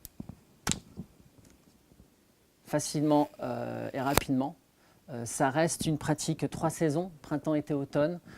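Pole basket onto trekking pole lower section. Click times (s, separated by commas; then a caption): 0.7 s. A plastic basket is pushed onto the lower section of a Black Diamond Distance trekking pole, and the sharp snap of it clipping on lands at 0.7 s, with a second hit right after it. The basket is seated. Someone then talks for the rest of the clip.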